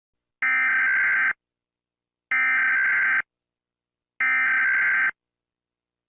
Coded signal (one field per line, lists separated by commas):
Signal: Emergency Alert System (SAME) tones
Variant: header bursts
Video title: rating eas alarms!